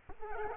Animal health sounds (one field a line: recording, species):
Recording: mosquito wingbeat signal from an infrared sensor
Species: Culex quinquefasciatus